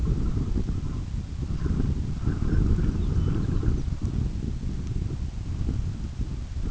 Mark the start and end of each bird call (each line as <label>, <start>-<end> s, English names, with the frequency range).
Lapland Longspur (2.4-7.3 kHz), 2.42-3.92 s